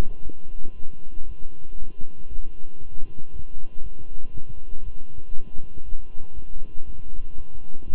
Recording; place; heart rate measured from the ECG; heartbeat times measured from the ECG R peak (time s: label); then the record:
heart sounds by stethoscope; between the tricuspid and mitral areas; 118 bpm
0.23 s: heartbeat
0.75 s: heartbeat
1.27 s: heartbeat
1.78 s: heartbeat
2.29 s: heartbeat
2.81 s: heartbeat
3.32 s: heartbeat
3.82 s: heartbeat
4.32 s: heartbeat
4.84 s: heartbeat
5.34 s: heartbeat
5.84 s: heartbeat
6.34 s: heartbeat
6.85 s: heartbeat
7.36 s: heartbeat
7.87 s: heartbeat
From the record:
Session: walking at 3.7 km/h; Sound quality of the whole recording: good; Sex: male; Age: 23 years